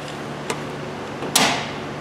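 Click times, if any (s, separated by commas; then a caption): 0.5 s, 1.4 s. A magnet-held trim cover on a Cadillac ATS is set back into place at the rear of the trunk, and the magnets grab it with a small click at 0.5 s and a louder, longer click at 1.4 s. The panel is seated, though the magnets are not very strong.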